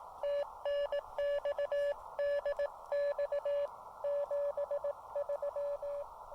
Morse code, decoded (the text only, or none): TNX DX 73